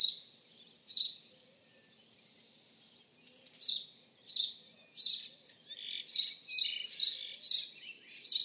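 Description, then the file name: House sparrow chirping: short bright chirps repeated roughly every half second to second, with a brief pause early on, then a quicker run of chirps toward the end. "Passer domesticus"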